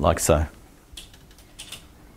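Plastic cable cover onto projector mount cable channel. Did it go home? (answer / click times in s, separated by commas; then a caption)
no / none. Someone talks briefly at the start while a plastic cable cover is handled against the cable channel of a Hitachi ultra short throw projector mount. A few faint, sharp handling taps follow at about 1.0 s, 1.6 s and 1.7 s. Nothing has seated or clicked into place yet.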